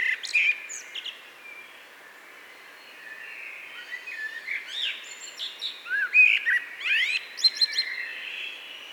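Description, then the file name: Common blackbird singing rich, varied warbled phrases with scratchy high twitters mixed in, several bursts throughout with quiet gaps between them. "Turdus merula"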